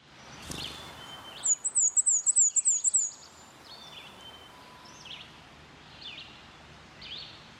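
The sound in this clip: Bird giving a very high, thin trilled phrase of rapid wavering notes, with scattered faint high chirps and steady background noise.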